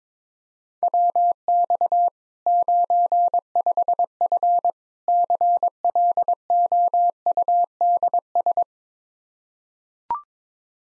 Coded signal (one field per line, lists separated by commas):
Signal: Morse code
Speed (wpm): 21 wpm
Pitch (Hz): 700 Hz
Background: none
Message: WX 95F CLOUDS